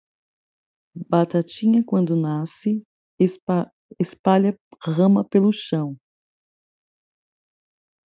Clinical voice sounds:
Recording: short text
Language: Brazilian Portuguese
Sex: female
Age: 40 to 49 years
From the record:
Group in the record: control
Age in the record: 45 years

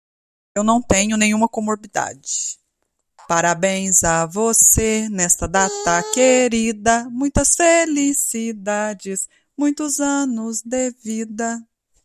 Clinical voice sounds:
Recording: short text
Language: Brazilian Portuguese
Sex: female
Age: 30 to 39 years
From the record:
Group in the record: control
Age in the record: 38 years

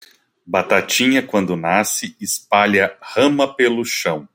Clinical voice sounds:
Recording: short text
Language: Brazilian Portuguese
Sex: male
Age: 40 to 49 years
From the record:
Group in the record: control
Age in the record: 43 years

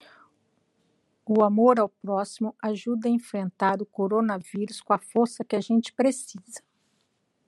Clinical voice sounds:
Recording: spoken sentence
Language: Brazilian Portuguese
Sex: female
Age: 50 to 59 years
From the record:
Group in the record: control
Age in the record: 57 years

